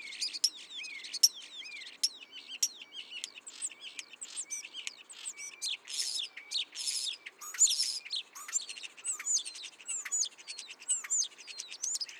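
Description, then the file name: Common starling song, a dense rambling medley of high whistles, clicks and buzzy chatter running continuously without pause. "Spreeuw"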